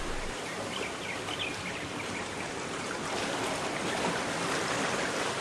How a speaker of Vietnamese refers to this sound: Thư hòa mình vào những đợt sóng dữ dội và cảm giác như tan ra thành những bọt biển